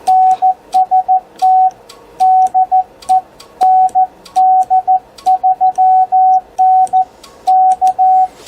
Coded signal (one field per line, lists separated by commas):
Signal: Morse code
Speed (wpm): 14 wpm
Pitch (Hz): 750 Hz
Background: radio noise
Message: NST DE ND3N K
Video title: Initial CW Settings for your FT-891